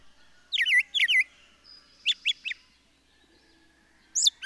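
Bird song: two quick bright chirped phrases, then a rapid run of three sharp notes, a pause, and one final high note, over a quiet background.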